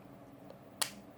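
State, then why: Seated. A flex cable connector is pressed onto its mainboard socket while a Galaxy S6 with a transparent back is being reassembled. A sharp, bright click sounds at 0.8 s after a faint tick at 0.5 s. The connector snaps into place and is properly connected.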